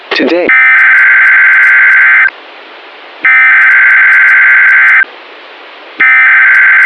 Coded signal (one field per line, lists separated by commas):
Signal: Emergency Alert System (SAME) tones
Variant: header bursts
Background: speech